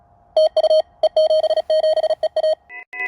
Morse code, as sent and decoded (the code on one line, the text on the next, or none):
- ..- / . --... --... . .-
TU E77EA